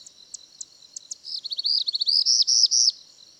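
Bird song: a few sharp high ticks, then a fast series of high notes that lengthen into longer arching phrases, about a second and a half long.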